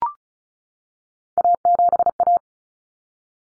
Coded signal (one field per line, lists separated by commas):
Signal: Morse code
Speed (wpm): 34 wpm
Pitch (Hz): 700 Hz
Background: none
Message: A7A